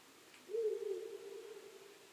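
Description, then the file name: Owl: a lone low hoot, slightly wavering at the start and trailing away evenly. Recorded 23 May 2010 at 00:59. "fukurou-20100523-0059"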